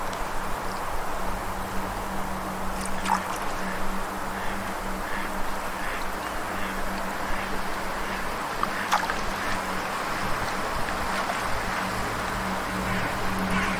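Steady rushing water fills the scene evenly, over a constant low hum, with a couple of faint clicks near three and nine seconds.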